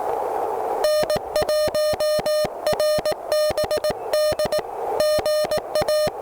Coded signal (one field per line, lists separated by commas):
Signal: Morse code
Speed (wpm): 18 wpm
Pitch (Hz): 3000 Hz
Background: none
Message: N1RBD GA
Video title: Taking the truSDX on its first CW POTA activation! Can it activate? We'll find out!